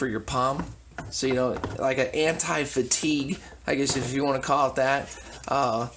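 A detachable plastic palm rest is handled at the front edge of an AllSmartLife RGB mechanical gaming keyboard while someone talks throughout. Faint light clatter sounds under the voice, and nothing has seated or clicked yet.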